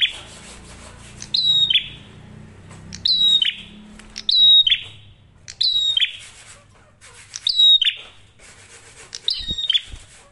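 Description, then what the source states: Prinia giving sharp chirp phrases every second or two, each trailing into a buzz. Masteran tutor audio of prenjak merah for training songbirds; singing actively with a clear voice; said to make other prinias call within five seconds.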